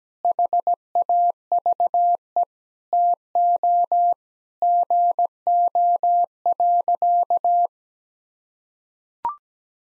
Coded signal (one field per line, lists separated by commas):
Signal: Morse code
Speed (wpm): 17 wpm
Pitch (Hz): 700 Hz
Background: none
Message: HAVE TO GO.